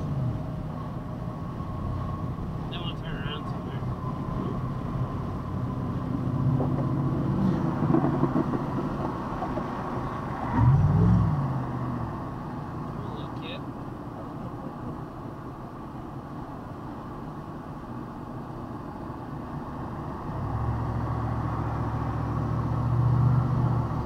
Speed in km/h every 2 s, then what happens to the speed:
76, 77, 77, 76, 69, 71, 69, 64, 64, 61, 63, 63.
0-5 steady at about 77. 5-8 slows to 69. 11-18 slows to 61. 18-24 steady at about 63.